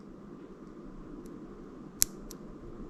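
A plastic phone-connector adapter is pushed into a DJI Mic wireless microphone receiver, with the triangle arrows on both lined up. A sharp click at 2.0 s shows it seating, followed by a fainter tick at about 2.3 s. It must be pushed firmly all the way in, or recording won't work.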